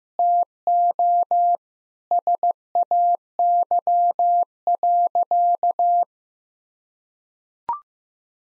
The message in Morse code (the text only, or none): TO SAY.